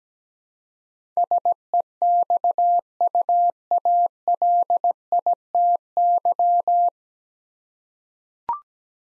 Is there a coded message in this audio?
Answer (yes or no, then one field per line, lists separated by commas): yes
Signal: Morse code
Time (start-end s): 1.2-6.9 s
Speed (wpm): 17 wpm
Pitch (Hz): 700 Hz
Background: none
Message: SEXUALITY